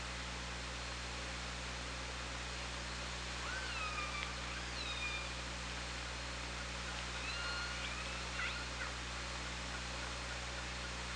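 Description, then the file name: Killer whale calls, two soft groups of harmonic calls a few seconds apart, over loud steady hiss and hum. Recorded by OrcaLab hydrophone on 24 August 2017 at 17:29. "Orca Lab 20170824 172908"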